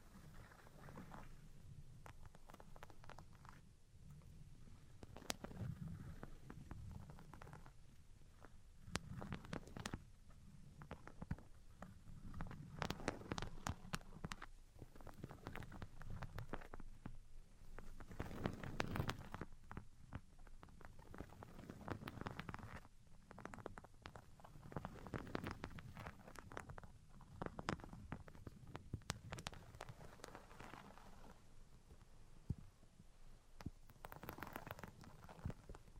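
Tapping, scratching and tracing sounds run without a break, with soft low rubbing under frequent sharp taps and bright scratchy bursts every second or two.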